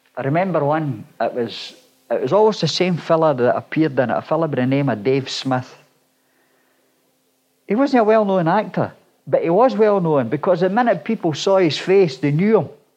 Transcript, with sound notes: I remember one, it was, it was always the same fella that appeared in it, a fella by the name of Dave Smith [pause] he was not a well-known actor, but he was well known, because the minute people saw his face, they knew him.